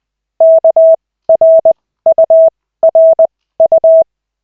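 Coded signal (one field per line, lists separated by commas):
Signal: Morse code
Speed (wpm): 20 wpm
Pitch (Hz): 650 Hz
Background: none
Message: KRURU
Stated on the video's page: Morse practice in a Koch-method lesson with 3 characters at 40, generated by an online CW training site in a 5-minute session.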